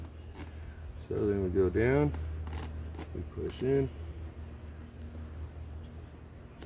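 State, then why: Not seated. Someone talks while folding an arm of an Autel EVO II RTK V3 drone down and pushing it in toward its arm latch on the drone body, with faint handling scrapes and taps under a low steady hum. The arm has not locked yet; nothing has seated or clicked by the end of the clip.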